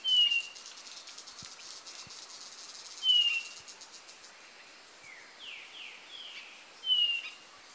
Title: LuckyPassaro Completos2Sama. Blue-naped Chlorophonia (Chlorophonia cyanea)